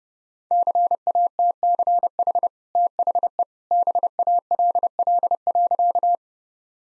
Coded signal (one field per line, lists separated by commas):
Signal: Morse code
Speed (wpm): 30 wpm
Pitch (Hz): 700 Hz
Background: none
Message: CATCH THE BALL.